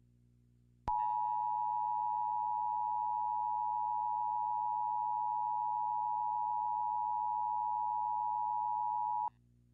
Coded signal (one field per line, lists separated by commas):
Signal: Emergency Alert System (SAME) tones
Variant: 853 and 960 Hz attention tone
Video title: EAS National Periodic Test